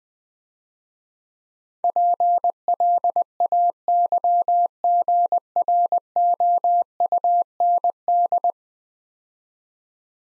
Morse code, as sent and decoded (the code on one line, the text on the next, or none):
.--. .-.. .- -.-- --. .-. --- ..- -. -..
PLAYGROUND